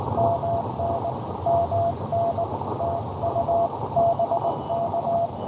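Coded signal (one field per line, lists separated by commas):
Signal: Morse code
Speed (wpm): 22 wpm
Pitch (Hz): 700 Hz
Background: radio noise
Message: MN MN TU BK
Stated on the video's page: Live Parks on the Air activation at Belmont Lake State Park on 14.056.5 MHz CW.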